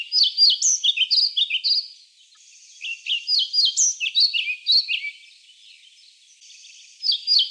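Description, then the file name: European pied flycatcher song: lively high chirping phrases run almost continuously, with softer twittering between the louder bursts. "Ficedula hypoleuca"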